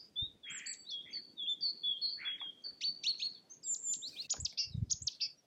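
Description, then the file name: Bird chirps and whistled notes in quick succession, high and bright, ending in a busier trilled burst, with low rustling noise below. "ptaki"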